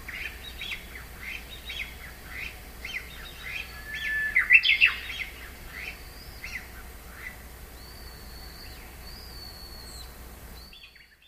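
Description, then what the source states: Japanese bush warbler calls: short chirpy notes repeated rapidly, with a louder burst midway, then a few thin high whistles near the end, over steady background hiss. Recorded April 2011.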